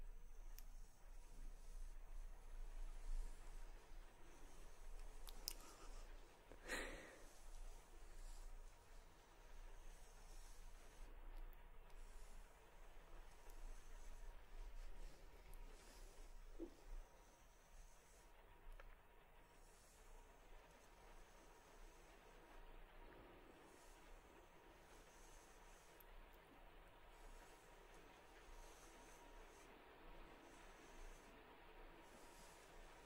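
Soft face brushing and touching, a constant rustling hiss over a low steady rumble and faint hum. A sharp tap lands near seven seconds, with lighter taps around five and sixteen seconds. The brushing grows gentler and quieter through the second half.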